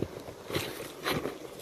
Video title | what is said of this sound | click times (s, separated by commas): FAST E6 HI-6RC Circle Track Ignition Box Kit Unboxing | Very tight plug. There we go. You heard it click in. | 1.3 s